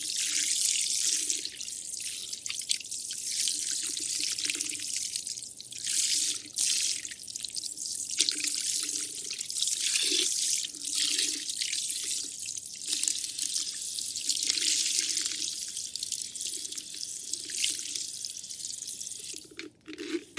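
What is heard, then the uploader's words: Hair washing during a head massage: steady hissing of running water with frequent soft splashes and wet rubbing, occasionally swelling louder. ASMR Relaxing head massage with hair washing.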